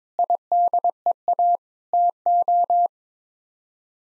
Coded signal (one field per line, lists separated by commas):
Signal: Morse code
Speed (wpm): 22 wpm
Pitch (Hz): 700 Hz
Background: none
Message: IDEA TO